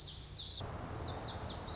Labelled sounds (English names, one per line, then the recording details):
Lazuli Bunting
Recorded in Sonoma County, California